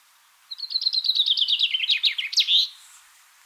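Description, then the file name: Common chaffinch song: a fast run of bright, repeated notes dropping in pitch, ending in a quick flourish, lasting about two seconds over faint background hiss. "Fringilla coelebs"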